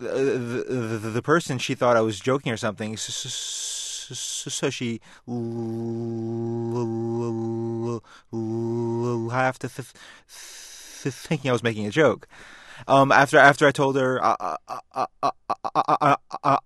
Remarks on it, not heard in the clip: Like most people who stutter, saying our name is the sound that gives us the most trouble. I've been in speech therapy for several years. When you build up fear of certain sounds, you tend to stutter on them more.